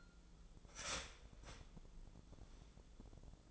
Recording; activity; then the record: daily activity, microphone in the room; start toaster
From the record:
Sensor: 5